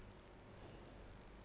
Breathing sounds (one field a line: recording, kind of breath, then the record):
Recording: one breath in and out by a microphone near the nose and mouth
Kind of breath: normal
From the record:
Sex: female